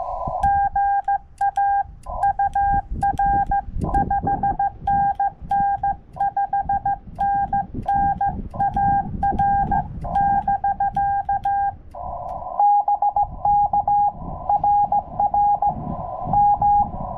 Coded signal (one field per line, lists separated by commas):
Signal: Morse code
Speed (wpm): 15 wpm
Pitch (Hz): 800 Hz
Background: none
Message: GA UR 5NN 5NN AR <BK> BK RR M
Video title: Super Easy 10-Point SOTA Summit!